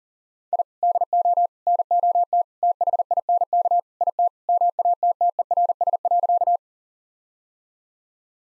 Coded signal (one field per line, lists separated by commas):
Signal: Morse code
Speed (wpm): 37 wpm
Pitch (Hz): 700 Hz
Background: none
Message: I DO NOT THINK IT MATTERS.